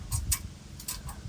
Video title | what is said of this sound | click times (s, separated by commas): Add a GRILL and ELEVATE Your Wolfe Ridge Smoke-Less Fire Ring Experience! | You can hear it kind of like snap into place. | 0.3 s